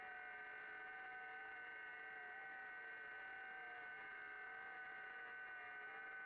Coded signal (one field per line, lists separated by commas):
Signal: FT8